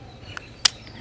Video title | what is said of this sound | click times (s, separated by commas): Trying the cheapest tools on the planet | so you just unlock it and then it goes straight in there pretty easily and it clicks right in | 0.7 s